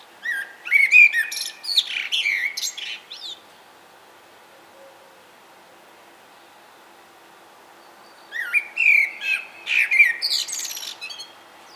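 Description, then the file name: Common blackbird singing two phrases several seconds apart, each a low fluted warble breaking into thin, high chattering twitters, with silence between. "Turdus merula"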